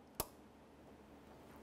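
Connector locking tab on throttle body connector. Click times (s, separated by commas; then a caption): 0.2 s. A gray plastic locking tab on the electrical connector of a throttle body on a 2005-2010 Chevy Cobalt is pressed all the way toward the throttle body. A single sharp click sounds at 0.2 s, then only quiet background remains. The tab locks the connector home.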